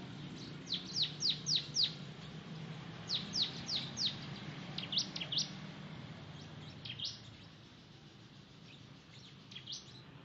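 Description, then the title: Oriental magpie-robin singing: quick bursts of sharp, high downslurred whistles in groups of three or four, pausing between groups, over a faint low hum. "Kicau Kacer"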